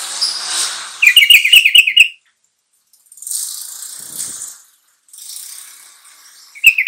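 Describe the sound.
Bulbul song: a fast chattering run of bright, bubbling notes lasting about a second, with hissy high noise in stretches and brief notes at the end.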